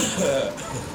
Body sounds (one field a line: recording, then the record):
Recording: coughing mixed with background sound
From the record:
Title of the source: Spring Cold Coughing.